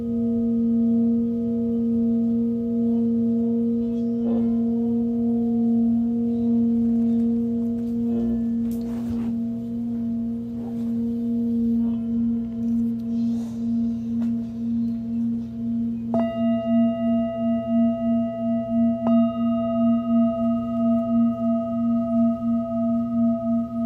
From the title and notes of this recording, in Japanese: メキシコから シンギングボウルのサウンドヒーリング。